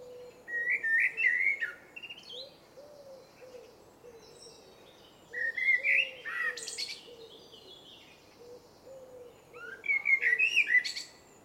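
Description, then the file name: Eurasian blackbird singing three fluty warbled phrases, each ending in a high squeaky twitter, spaced about four to five seconds apart, over a steady low repeated hooting note. "Turdus merula"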